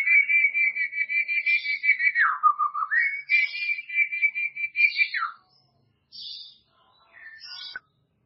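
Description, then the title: White-rumped shama song: long, fluttering whistled notes held high, a dip to a lower warble, a return to the high trill, then brief scattered higher notes before quiet. "murai batu"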